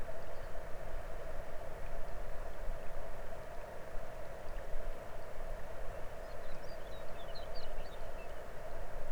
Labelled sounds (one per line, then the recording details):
songbird
water
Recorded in the Arctic National Wildlife Refuge, Alaska, on 22 May 2019 at 00:31
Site 33